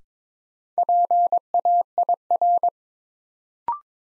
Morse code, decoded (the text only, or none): PAIR